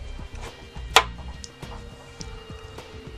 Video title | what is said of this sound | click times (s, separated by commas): How To: 2015+ S550 Ford Mustang Hood Struts Install Step-by-Step | you just give it a nice little wiggle and pop this out | 1.0 s